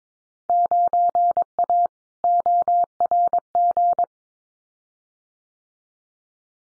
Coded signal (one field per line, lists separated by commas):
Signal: Morse code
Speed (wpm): 22 wpm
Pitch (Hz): 700 Hz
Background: none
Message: 9A ORG